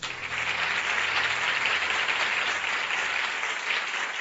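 A steady burst of applause from a crowd, dense clapping filling the whole stretch at an even, fairly loud level with no voices over it.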